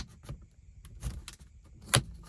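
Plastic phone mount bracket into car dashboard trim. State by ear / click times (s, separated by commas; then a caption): seated / 1.9 s. A plastic ProClip phone-mount bracket is pushed into the gap under the dashboard trim of a Kia Forte, with soft plastic rubbing and a smaller tick near 1.3 s. At 2.0 s it gives a sharp, bright snap as it seats. It is held firmly and very secure.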